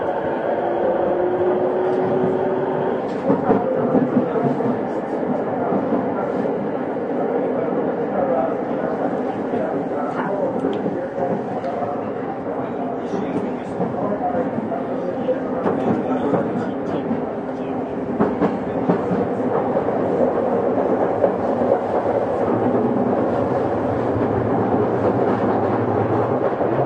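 A ride aboard a Tokyo Waterfront Area Rapid Transit 70-000 series train, with a steady, dense rumble of running noise lasting the whole time. Sharp clicks and knocks break through irregularly, and what sound like voices murmur underneath.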